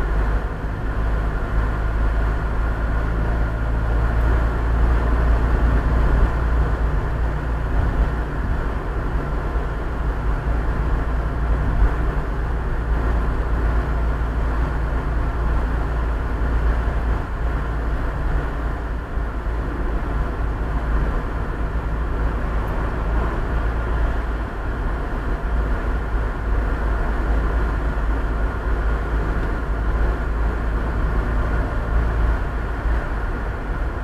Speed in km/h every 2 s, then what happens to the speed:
49, 52, 53, 55, 55, 55, 56, 56, 55, 55, 54, 54, 53, 51, 51, 53, 54.
0-34 steady at about 54.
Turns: none.